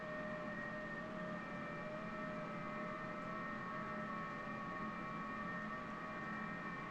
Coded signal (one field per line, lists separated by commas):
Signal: FT8